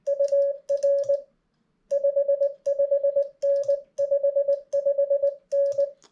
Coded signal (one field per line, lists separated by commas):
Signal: Morse code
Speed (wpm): 19 wpm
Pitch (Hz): 560 Hz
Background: none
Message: UR 55N 55N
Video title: CW POTA Hunting for new CW operators